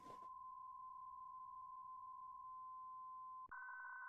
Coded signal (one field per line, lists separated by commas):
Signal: PSK63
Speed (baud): 62.5 baud